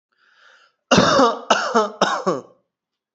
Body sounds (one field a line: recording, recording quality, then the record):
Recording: heavy voluntary cough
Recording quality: excellent, no background noise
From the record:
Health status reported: respiratory illness, not identified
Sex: male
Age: 28 years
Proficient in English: yes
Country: India